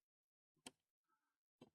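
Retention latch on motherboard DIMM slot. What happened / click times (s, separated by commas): The slot latch snapped open / 0.7 s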